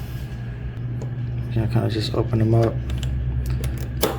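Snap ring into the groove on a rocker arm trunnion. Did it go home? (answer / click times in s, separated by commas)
yes / 4.0 s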